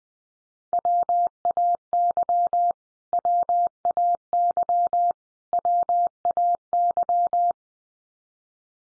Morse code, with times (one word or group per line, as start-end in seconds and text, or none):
0.7-2.7 WAY
3.1-5.1 WAY
5.5-7.5 WAY